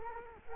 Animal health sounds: mosquito wingbeat signal from an infrared sensor; Culex quinquefasciatus

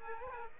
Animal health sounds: mosquito wingbeat signal from an infrared sensor; Aedes aegypti

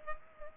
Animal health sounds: mosquito wingbeat signal from an infrared sensor; Culex pipiens

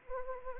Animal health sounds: mosquito wingbeat signal from an infrared sensor; Anopheles arabiensis

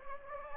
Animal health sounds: mosquito wingbeat signal from an infrared sensor; Anopheles gambiae

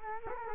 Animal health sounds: mosquito wingbeat signal from an infrared sensor; Culex quinquefasciatus

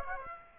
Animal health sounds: mosquito wingbeat signal from an infrared sensor; Aedes aegypti

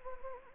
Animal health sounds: mosquito wingbeat signal from an infrared sensor; Anopheles gambiae

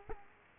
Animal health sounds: mosquito wingbeat signal from an infrared sensor; Culex quinquefasciatus

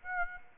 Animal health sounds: mosquito wingbeat signal from an infrared sensor; Aedes aegypti

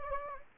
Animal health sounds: mosquito wingbeat signal from an infrared sensor; Anopheles gambiae

